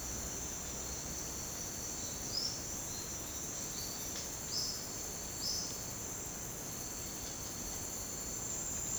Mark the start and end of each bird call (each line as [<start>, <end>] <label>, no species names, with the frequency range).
[2.21, 5.55] bird call (3.1-6.7 kHz)